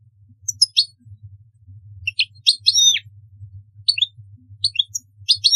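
European goldfinch song of scattered, sharp tinkling and twittering notes in loose clusters throughout, over a faint steady hum.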